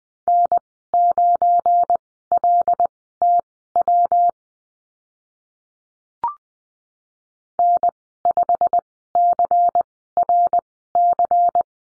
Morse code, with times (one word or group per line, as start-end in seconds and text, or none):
0.3-4.3 N9LTW
7.6-11.6 N5CRC